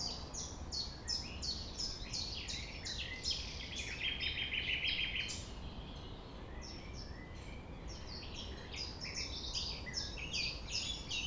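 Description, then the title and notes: Common nightingale delivering rapid repeated chirps, a brief dry rattling passage midway, then resuming fast note series over faint background noise. 6 a.m. at sunrise near the Thève at Champ de Ménage; the nightingale sings without waiting for silence. "6 A.M. Lever du soleil non loin de la Thève au Champ de Ménage. Le rossignol n'attend pas le silence."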